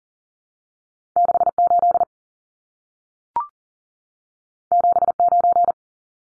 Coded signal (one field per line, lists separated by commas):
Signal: Morse code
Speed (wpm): 40 wpm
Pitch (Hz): 700 Hz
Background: none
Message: 68 79